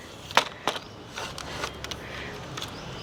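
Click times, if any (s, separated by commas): 0.4 s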